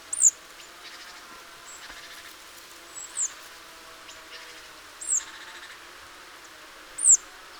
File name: Poecile palustris